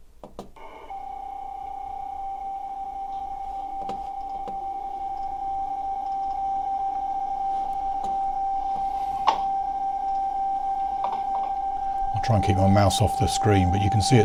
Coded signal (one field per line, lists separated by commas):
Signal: PSK31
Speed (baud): 31.25 baud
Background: speech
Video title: RTTY and PSK31 Amateur Radio Digital modes presentation for BDARC.